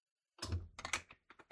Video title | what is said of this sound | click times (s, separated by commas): Building LEGO® #75407 Brick-Built Star Wars™ Logo Set | Yeah, it's just clicking into place. | 0.8 s, 0.9 s